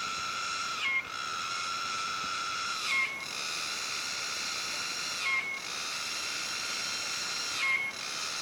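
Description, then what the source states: Cicada song, a loud sustained whine broken by a short dip and brief note about every two seconds, four breaks in all. Malaysian rainforest.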